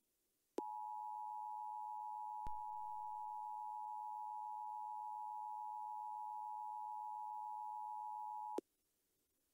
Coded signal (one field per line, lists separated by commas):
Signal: Emergency Alert System (SAME) tones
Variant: 853 and 960 Hz attention tone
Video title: EAS Halloween Special 2020: Explosive Karen Alert (EAS Comedy)